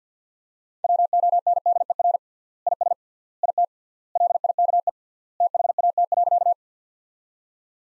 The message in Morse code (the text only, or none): WONDER IS IT LIKE THAT.